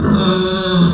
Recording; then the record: squeal of a Yucatan mini pig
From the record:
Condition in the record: after surgery on the right vocal fold (resection and tissue-engineered implant); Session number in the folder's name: 14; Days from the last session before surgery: 133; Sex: female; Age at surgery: 19 weeks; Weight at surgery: 25 kg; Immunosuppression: prednisolone